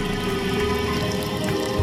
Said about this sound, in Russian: Стены и потолок канализационной шахты покрыты инеем. Из труб идет пар и брызжет вода.